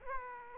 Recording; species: mosquito wingbeat signal from an infrared sensor; Aedes aegypti